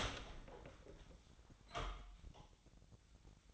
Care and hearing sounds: daily activity, microphone in the room; open door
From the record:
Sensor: 3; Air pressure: 1009.2 hPa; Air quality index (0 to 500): 199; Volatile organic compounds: 4 ppm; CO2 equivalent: 1599 ppm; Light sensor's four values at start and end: 43/114/49/49 and 44/115/50/50

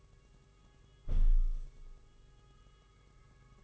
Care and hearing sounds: daily activity, microphone in the room; close window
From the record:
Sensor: 4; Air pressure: 991.2 hPa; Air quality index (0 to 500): 152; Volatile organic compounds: 101 ppm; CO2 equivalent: 3760 ppm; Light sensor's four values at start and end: 6/14/5/6 and 6/13/5/5

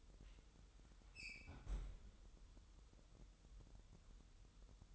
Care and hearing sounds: daily activity, microphone in the room; close fridge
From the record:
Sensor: 3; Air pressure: 988.4 hPa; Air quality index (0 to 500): 191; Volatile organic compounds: 262 ppm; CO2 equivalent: 4393 ppm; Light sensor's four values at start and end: 24/75/31/27 and 24/74/31/27

